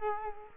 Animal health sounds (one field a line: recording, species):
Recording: mosquito wingbeat signal from an infrared sensor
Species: Culex quinquefasciatus